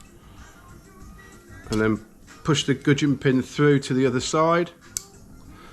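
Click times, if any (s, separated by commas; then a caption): 5.0 s. Someone talks while a steel circlip is pushed with circlip pliers into the gudgeon pin groove of an aluminium piston in a BMW S14 E30 M3 DTM touring car engine, after the gudgeon pin has been pushed through to the other side. A sharp click at 5.0 s marks the circlip snapping into its recess, seated.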